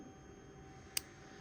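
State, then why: Seated. A sliding latch in a pen body, with the clip fitted, is pushed forward to engage. One short, sharp click at 0.97 s stands out against a quiet, steady background. The latch engages forward and seats.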